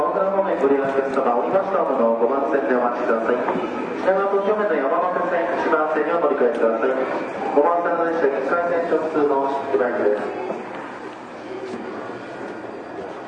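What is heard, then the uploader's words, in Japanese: Aboard a Rinkai Line 70-000 series train, a man's voice speaks steadily for nearly the whole stretch, like an onboard announcement. A faint low rumble of the moving train runs underneath, and the voice grows a little quieter after about eleven seconds. 東京臨海高速鉄道70-000形 新宿〜新木場。JR埼京線→りんかい線の区間で録音。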